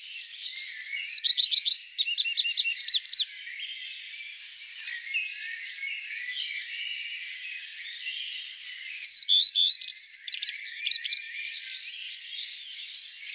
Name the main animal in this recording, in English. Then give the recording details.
Common Redstart. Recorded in the wild. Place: Flögelner See, Schleswig-Holstein, DE. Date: 2004-05-05. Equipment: MiniDisc Sharp MT 20 H, Telinga DAT, Telinga-Parabolspiegel. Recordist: Schwarz, Dieter